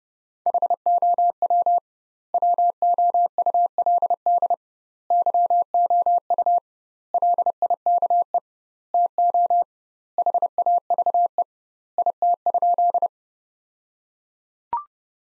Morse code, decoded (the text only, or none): HOW WOULD YOU LIKE TO HAVE IT?